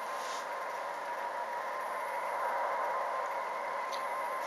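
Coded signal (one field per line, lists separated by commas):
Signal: RTTY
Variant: 50 baud, 85 Hz shift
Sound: continuous warbling tone near 1 kHz under heavy hiss and radio noise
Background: radio static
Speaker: empfängt es die Signale aber recht klar also man sieht hier die beiden Spitzen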